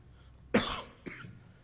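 An adult man coughs twice during a sermon, about half a second apart, in a quiet room. The first cough is a sharp, fuller burst. The second is softer and briefer.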